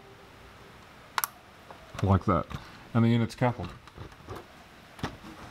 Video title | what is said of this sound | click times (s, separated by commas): 25. The Amazing Bachmann Class 158 DCC Sound 31-517DS | very gentle finger pressure and you should just hear the snap like | 1.2 s